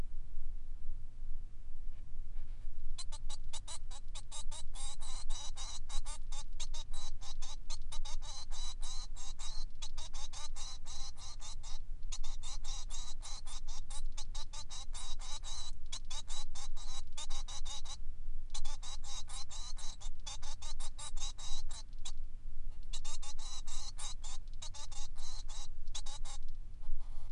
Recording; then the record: song of a male Bengalese finch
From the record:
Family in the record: son of father 3